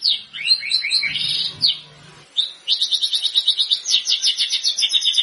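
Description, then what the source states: White-rumped shama song with quick chattering notes, a brief lull, then a long run of rapid pulsed trills. Lure sound of a constantly singing white-rumped shama, meant to provoke a response from birds that hear it.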